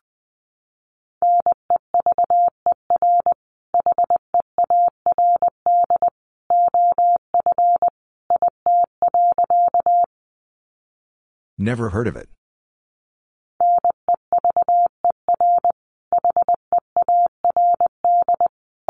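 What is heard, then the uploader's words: Morse code tapped out as a steady single-pitched beep, short and long tones grouped into bursts with brief pauses between letters and words. Around the middle a short, rough burst of voice-like noise breaks in, followed by a quiet gap before the beeping resumes. First, the words are sent in Morse code. Then it is spoken.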